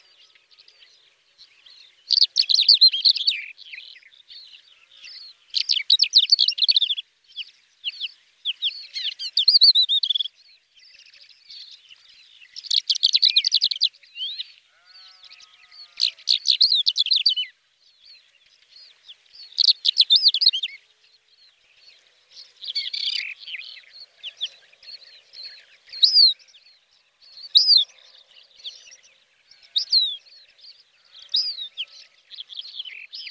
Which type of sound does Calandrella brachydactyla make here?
song